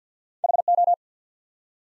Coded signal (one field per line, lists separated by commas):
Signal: Morse code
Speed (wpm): 50 wpm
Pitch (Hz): 700 Hz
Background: none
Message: H O